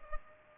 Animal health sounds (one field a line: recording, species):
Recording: mosquito wingbeat signal from an infrared sensor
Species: Culex pipiens